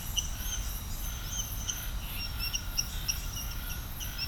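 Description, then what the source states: Frogs calling in a chorus of quick, high, clicking chirps repeated in bursts, against a pulsing insect background. Chorus of frogs recorded at Serrinha do Alambari, Brazil.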